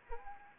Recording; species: mosquito wingbeat signal from an infrared sensor; Anopheles arabiensis